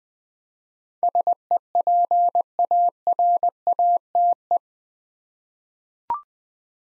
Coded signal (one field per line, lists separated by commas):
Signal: Morse code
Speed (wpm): 20 wpm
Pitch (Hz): 700 Hz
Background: none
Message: SEPARATE